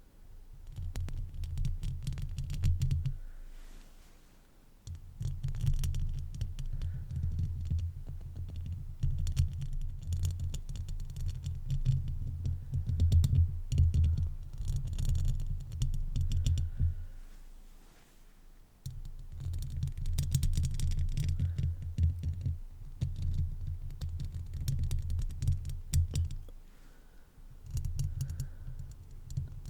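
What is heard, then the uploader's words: Mic brushing and scratching with foam make dense, rustling low rumbles in long bursts, broken by brief pauses around 4, 18 and 27 seconds. Mic Brushing, Scratching & Tingly Foam Sounds.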